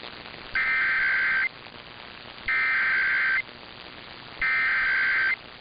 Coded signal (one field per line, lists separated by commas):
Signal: Emergency Alert System (SAME) tones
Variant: header bursts